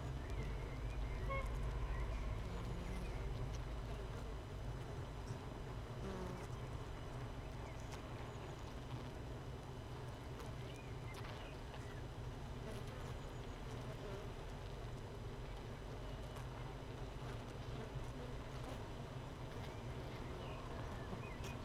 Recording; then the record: honeybee colony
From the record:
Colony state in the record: missing queen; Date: 31 May 2018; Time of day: 15:39